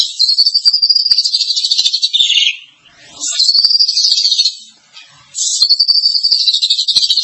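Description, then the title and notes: Starling song: long high rattling trills separated by brief pauses. "suara burung jalak"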